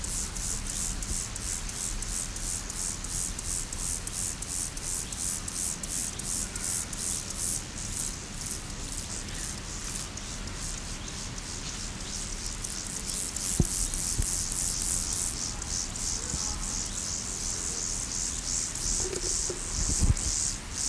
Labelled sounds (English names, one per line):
Meadow Grasshopper stridulation